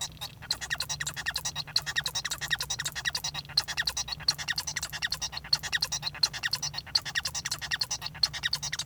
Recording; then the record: song of a male Bengalese finch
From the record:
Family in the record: son of father 1